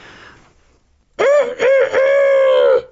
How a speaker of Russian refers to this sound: Вот подошли три наших странника к одному дому, на воротах которого сидел петух и кричал изо всех сил.